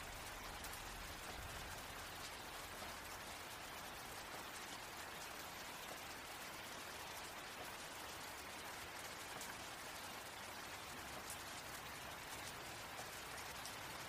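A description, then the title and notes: Rain patters steadily and densely throughout, a fine hiss of drops with faint individual ticks scattered on top. The level stays even from start to finish. A low rumble sits underneath, slightly heavier in the first couple of seconds, with no clear thunderclap. Calming Rain and Thunder Sounds. The gentle pitter-patter of raindrops and the distant rumble of thunder. Feel the rhythm of the rain as it taps against the windowpane or dances on the leaves outside.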